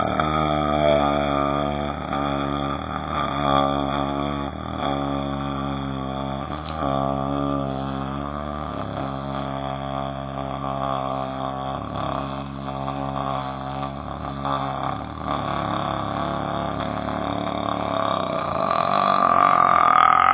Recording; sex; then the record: sustained vowel /a/; male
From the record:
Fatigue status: no fatigue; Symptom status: asymptomatic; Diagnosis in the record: COVID-19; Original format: 3gp